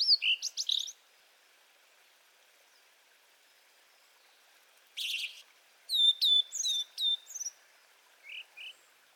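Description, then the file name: Blue-and-white flycatcher song: a short burst of clear whistles, a pause, then a phrase of high downslurred whistles and buzzy notes, ending with two soft notes. "cyanoptila cyanomelana twitter"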